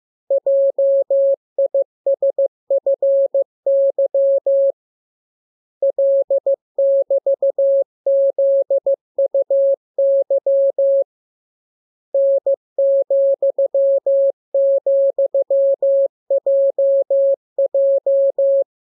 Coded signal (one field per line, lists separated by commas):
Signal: Morse code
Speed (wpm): 15 wpm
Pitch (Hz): 550 Hz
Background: none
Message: JISFY L<BT>ZUY N,,JJ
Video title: Learning Morse Code. Lesson 20. Letter KMURESNAPTLWI.JZ=FOY,